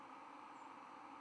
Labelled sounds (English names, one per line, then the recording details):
White-throated Sparrow flight call
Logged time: 02:31 on 11 November 2014